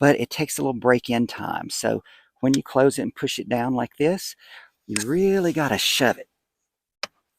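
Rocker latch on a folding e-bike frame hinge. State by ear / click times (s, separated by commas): seated / 7.0 s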